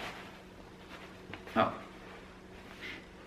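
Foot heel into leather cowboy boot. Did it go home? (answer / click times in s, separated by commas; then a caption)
no / none. A foot is pushed heel-first into a leather cowboy boot with the leg raised, giving a faint knock near 1.3 s and a louder scuffing rustle around 1.6 s, and someone talks. The heel fails to pop in because the leg is held up, so nothing has seated yet.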